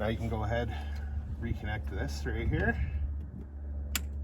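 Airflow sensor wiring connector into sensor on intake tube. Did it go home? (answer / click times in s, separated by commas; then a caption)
yes / 4.0 s. Someone talks while the airflow sensor's plastic electrical connector is pushed back onto the sensor on the new S&B cold air intake tube of a 2020 Ram 1500 Classic. A low steady hum runs underneath, and at 4.0 s the connector latches with a small, sharp click, showing it is seated.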